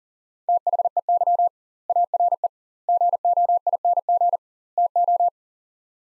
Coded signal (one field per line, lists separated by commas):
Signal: Morse code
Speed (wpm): 40 wpm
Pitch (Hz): 700 Hz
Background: none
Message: THEY ARE GOING TO